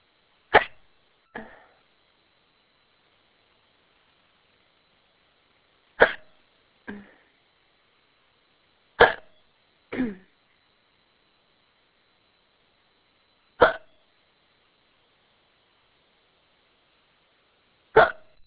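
An adult hiccups: five abrupt, click-like bursts come at irregular intervals over about 18 seconds. Three of them are followed within a second by a softer voiced catch, with silence in between. These are hiccups: sudden spasms of the diaphragm cut off by the closing vocal cords.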